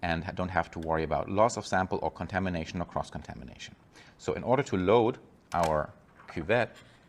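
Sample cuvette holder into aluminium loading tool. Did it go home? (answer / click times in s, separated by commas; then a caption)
no / none. A man talks throughout while a sealed sample cuvette holder (uni) is about to be loaded into an aluminium loading block, where magnets pull it into position. Nothing has seated or clicked yet; the clip ends before the holder goes home.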